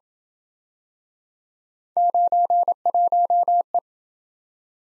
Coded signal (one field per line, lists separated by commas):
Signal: Morse code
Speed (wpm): 28 wpm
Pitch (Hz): 700 Hz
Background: none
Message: 91E